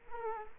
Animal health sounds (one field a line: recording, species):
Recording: mosquito wingbeat signal from an infrared sensor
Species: Culex quinquefasciatus